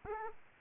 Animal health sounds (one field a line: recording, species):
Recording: mosquito wingbeat signal from an infrared sensor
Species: Aedes aegypti